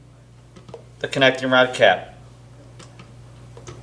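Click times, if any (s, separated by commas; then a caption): 3.7 s. A torque wrench slowly and steadily tightens a connecting rod cap bolt on an engine block while a partner holds the block, and someone talks. Faint ticks come through before and after the talking, then the wrench gives a short click at 3.7 s, meaning the set torque specification has been reached.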